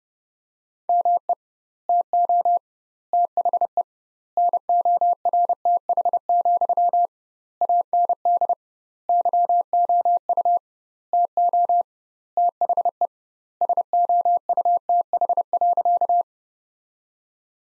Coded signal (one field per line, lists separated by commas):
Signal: Morse code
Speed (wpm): 30 wpm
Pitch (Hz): 700 Hz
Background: none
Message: ME TO THE NORTH, AND YOU TO THE SOUTH.